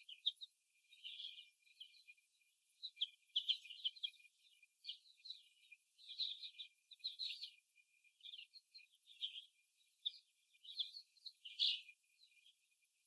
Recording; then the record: young laying hens in a cage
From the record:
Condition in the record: after the stressor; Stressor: simulated dog barking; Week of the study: 1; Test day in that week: 1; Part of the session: 3